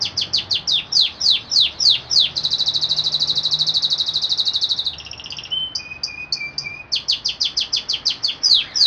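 Canary singing a varied song: series of quick descending chips, a long rapid rattling trill, short whistled notes, then more fast downslurred chips.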